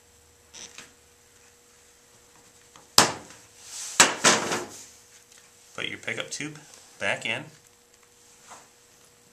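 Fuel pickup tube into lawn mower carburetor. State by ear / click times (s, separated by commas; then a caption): not seated / none. A fuel pickup tube is handled at a lawn mower carburetor body, about to be pushed back in. Sharp knocks stand out near 3.0 and 4.0 seconds amid quieter handling noises, and someone talks in the later part of the clip. Nothing has seated or clicked yet.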